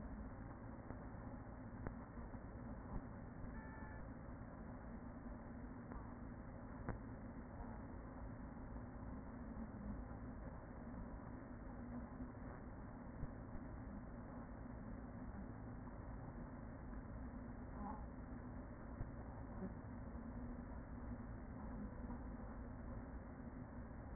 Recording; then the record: honeybee colony, microphone inside the hive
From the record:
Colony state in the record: queen present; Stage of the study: after two queens were removed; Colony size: about 40,000 bees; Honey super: no